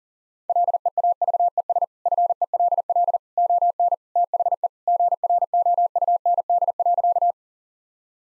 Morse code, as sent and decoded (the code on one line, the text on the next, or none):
.-.. . .- ...- . ... / ..-. . .-.. .-.. / --- -. / - .... . / --. .-. --- ..- -. -.. .-.-.-
LEAVES FELL ON THE GROUND.